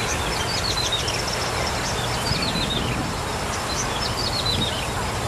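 Bar-winged prinia giving brief high trilled phrases that drop in pitch, several in quick succession, against a noisy, droning background.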